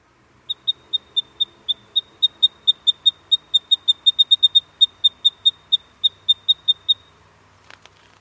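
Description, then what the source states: Eastern Spinebill giving a long, rapid series of high, sharp tsip notes, about four per second at steady pitch for over six seconds, then a brief soft noise. Recorded in Devonport, Tasmania; calls range from high-pitched tsip or tsit-tsit-tsit notes to songs with trills and warbles.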